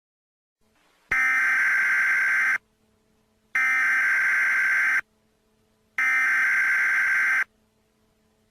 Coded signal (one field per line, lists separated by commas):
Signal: Emergency Alert System (SAME) tones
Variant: header bursts